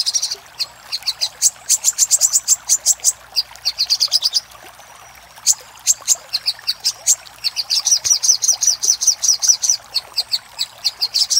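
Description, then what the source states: Little spiderhunter song: rapid trains of high, staccato notes, a quiet pause around five seconds, then a long, quickening burst to the end. Master recording for training cage birds (masteran), Labaik type.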